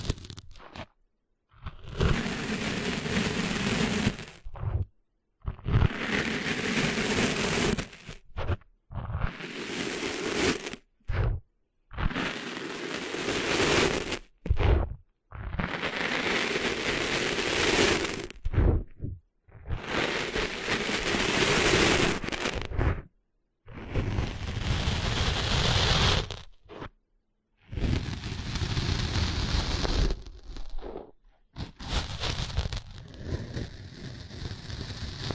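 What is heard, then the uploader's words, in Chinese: Rustling sand on a beach comes in repeated bursts of a few seconds each, separated by brief silences, steady and dense with gritty hiss. 沙沙沙…沙滩的沙沙声。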